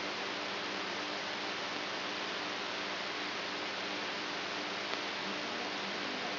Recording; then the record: brain microelectrode recording played as sound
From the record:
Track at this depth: inside the subthalamic nucleus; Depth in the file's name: 4.715 mm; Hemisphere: right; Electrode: 3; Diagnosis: Parkinson's disease